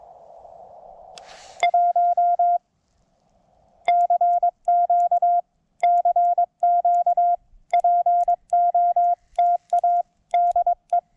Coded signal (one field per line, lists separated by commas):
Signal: Morse code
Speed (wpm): 21 wpm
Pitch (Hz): 700 Hz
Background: none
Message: 1 CQ CQ POTA DE